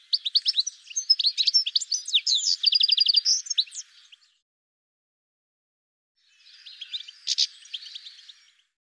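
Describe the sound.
Bird song of fast chattering chirps and trills for about four seconds, a two-second silence, then a quieter second phrase of scratchy notes.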